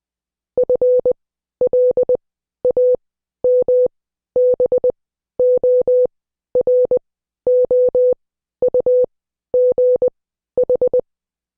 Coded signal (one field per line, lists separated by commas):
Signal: Morse code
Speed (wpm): 20 wpm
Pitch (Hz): 500 Hz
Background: none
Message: FLAMBOROUGH